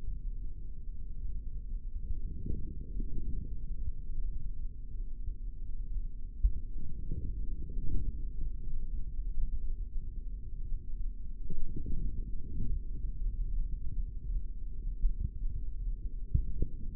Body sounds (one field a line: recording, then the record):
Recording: forearm muscle sounds (acoustic myography)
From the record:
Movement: forearm pronation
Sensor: system 3, bracelet of six PUI Audio POM-2738L microphones around the upper forearm, with dedicated amplification and filtering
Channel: 4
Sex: male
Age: 25 years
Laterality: right